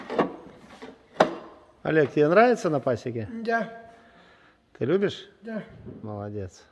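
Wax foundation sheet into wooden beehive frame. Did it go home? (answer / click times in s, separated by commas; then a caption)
yes / 1.2 s. A child, after some adjustment, pushes a sheet of beeswax foundation into a wooden beehive frame, and it seats with a sharp click at 1.2 s after a softer knock at 0.1 s. Someone then talks for the rest of the clip.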